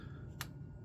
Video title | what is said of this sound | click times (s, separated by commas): Spark plugs tell a story! 1970 Chevelle | There you go. When you hear the click, it's on there, baby. | 0.4 s